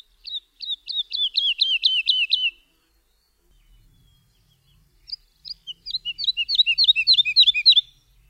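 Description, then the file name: Woodlark singing a run of repeated descending liquid notes, a pause, then another run of falling fluty phrases. "LERKA"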